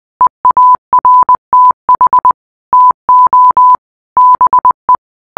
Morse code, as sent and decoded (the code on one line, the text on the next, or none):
. .- .-. - .... / - --- / -... .
EARTH TO BE